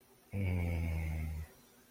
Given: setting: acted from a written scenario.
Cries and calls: vocal sound without words; contentment

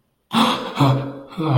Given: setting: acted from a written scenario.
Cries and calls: vocal sound without words; fear

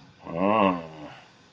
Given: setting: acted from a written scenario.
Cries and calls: vocal sound without words; desire

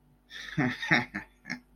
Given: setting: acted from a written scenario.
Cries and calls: vocal sound without words; amusement

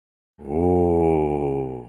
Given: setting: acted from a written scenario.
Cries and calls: vocal sound without words; awe

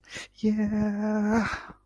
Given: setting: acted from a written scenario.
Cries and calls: vocal sound without words; triumph

